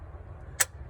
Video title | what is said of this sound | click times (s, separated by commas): SDS - MM PreTrip Inspection Tutorial | see once that clicks that's it it will allow you to go no further | 0.6 s